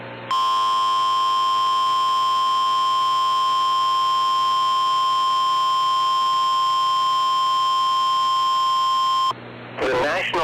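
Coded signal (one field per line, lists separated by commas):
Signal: Emergency Alert System (SAME) tones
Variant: 1050 Hz attention tone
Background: speech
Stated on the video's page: Real severe thunderstorm warning EAS tones, received via KEVN Radio.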